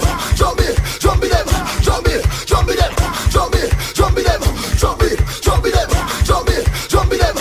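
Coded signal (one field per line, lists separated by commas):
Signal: none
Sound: beeps in a music mix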